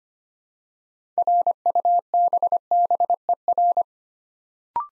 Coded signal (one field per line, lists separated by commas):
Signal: Morse code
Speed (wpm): 25 wpm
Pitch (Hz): 700 Hz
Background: none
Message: RUBBER